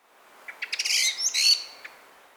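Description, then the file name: Common blackbird call, a brief burst of sharp clicking notes running into a shrill, chattering scolding phrase about a second long, then a single short tick. "Turdus merula"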